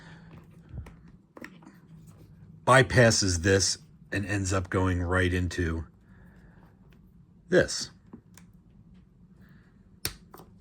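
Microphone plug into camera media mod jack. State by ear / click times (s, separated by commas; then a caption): seated / 10.1 s. A microphone's plug is pushed into the input jack of a camera media mod, bypassing the separate adapter. Someone talks, there are a few faint handling ticks, and then a sharp click at 10.0 s shows the plug is seated.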